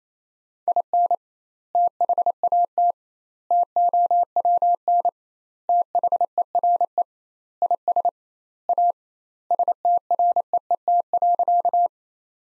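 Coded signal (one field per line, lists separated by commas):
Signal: Morse code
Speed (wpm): 28 wpm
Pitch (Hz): 700 Hz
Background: none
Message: IN THAT TOWN THERE IS A STREET.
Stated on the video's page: Morse practice sentences at 28 wpm with twice standard word spacing, a Farnsworth-like method.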